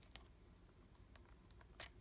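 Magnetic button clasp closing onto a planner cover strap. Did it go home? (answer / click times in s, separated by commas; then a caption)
no / none. A strap with a magnetic button clasp is handled against a compact leather planner cover, giving faint light ticks near 0.2, 1.2 and 1.6 seconds and a brief brighter rustle around 1.8 seconds over a low background hum. Nothing has seated or clicked yet; the clasp has not snapped shut.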